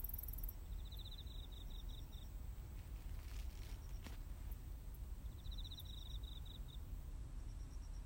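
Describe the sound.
Cricket sounding two pulsed high trills a few seconds apart, with a low continuous rumble and faint clicks.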